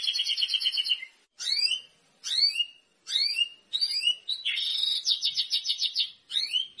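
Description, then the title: White-rumped shama song: a rapid trill, then a series of clear rising whistled notes, each followed by a short flourish, then a bright trill and one more rising note. Meant to make the bird sing vigorously and respond at once. "PANCINGAN MURAI BATU GACOR"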